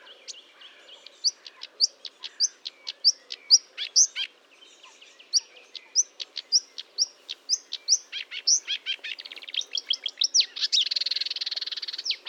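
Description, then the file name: Marsh warbler song, crisp high chips and twitters delivered rapidly and irregularly, ending in a harsher, buzzy scratchy passage. Recorded at Fontaine-Française, Fourneau, on 1 June 2022 at 10:55, using Nagra and Telinga equipment. "Rousserolle verderolle 20220601 1055 Fontaine-Francaise-Fourneau-Nagra-Telinga"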